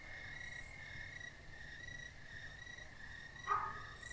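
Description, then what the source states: Crickets keep up a steady high chirping while a raspy cicada buzz flares early and again at the very end; shortly before the end a short, sharper call cuts in. Crickets in a country field at night, with a nearby raspy cicada.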